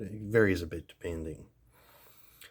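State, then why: Seated. Someone talks for the first second and a half, then a short, soft click at 2.4 s as the steel blade of a slipjoint pocket knife is pulled open and snaps into place on its spring back. The blade is held open by spring tension rather than a lock.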